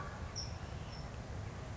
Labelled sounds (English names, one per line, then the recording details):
California Towhee
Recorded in Sonoma County, California